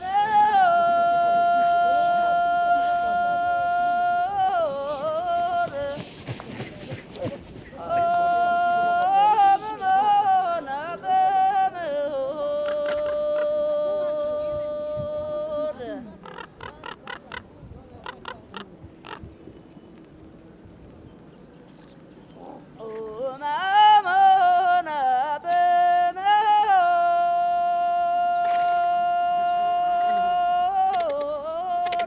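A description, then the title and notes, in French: A Tibetan ritual for the dead: loud, reed-like horns hold long nasal notes that slide between pitches, with a brief clash of percussion near six seconds. Midway the horns fall away to a quieter stretch of scattered taps before returning strongly. Le rituel des morts tibétains. A Litang, province du Sichuan (Chine), des couteaux et des ossements jonchent le sol.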